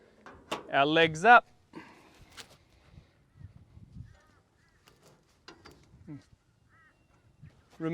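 The latch on the closed four-burner stove cover in a camper kitchen is pushed down, giving a short snap at 0.5 s as the latch clicks down and seats. Someone talks before and after, with a few faint knocks in between.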